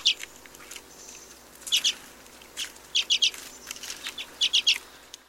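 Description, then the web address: White-rumped red-crested finch giving quick clusters of two to four thin, high chirps about every second and a half, over a steady background hiss. "white rumped red crested finch bird call"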